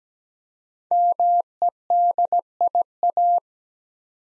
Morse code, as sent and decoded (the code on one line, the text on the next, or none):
-- . -.. .. .-
MEDIA